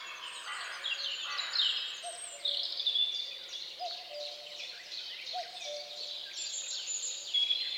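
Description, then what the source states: Bird chorus of overlapping high chirps and trills, with a few short, lower, steady whistled notes. Recorded at dawn.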